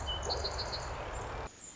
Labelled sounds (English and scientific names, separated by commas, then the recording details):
Pacific Wren (Troglodytes pacificus)
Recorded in Sonoma County, California